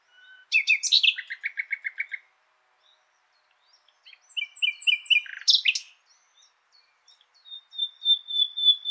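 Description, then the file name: Common nightingale singing rapid bursts of repeated metallic notes, a pause, then quick chirped notes, ending in a long pure whistle held on one pitch. "Luscinia megarhynchos"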